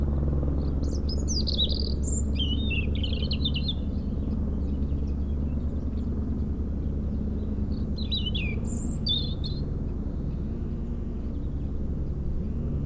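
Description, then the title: European robin giving short bursts of high, sibilant warbled notes separated by pauses, nearly drowned by a constant deep mechanical drone of a helicopter. Robin singing in a hedge near Lac du Bourget, France, during helicopter lifting work for cliff repairs, sound echoing off a mountain; Zoom H4n Pro set vertically on ground. "4 Chem. de la Pointe Forestier, Brison-Saint-Innocent, France - Duo rouge-gorge hélicoptère"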